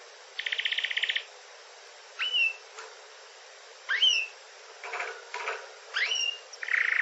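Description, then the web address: Canary phrases spaced by short pauses: brief buzzy trills, several sharp rising whistles and a few harsh bursts. "wroblowe kanarki"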